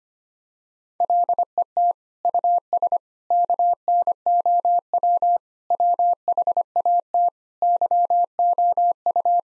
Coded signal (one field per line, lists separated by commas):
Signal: Morse code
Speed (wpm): 25 wpm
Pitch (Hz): 700 Hz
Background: none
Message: LET US KNOW WHAT YOU